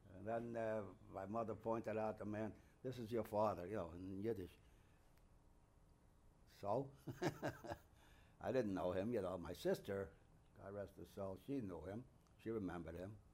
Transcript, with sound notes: And then my mother pointed out the man, "This is your father." You know, in Yiddish. So? (He laughs) I didn't know him, you know. My sister, God rest her soul, she knew him. She remembered him.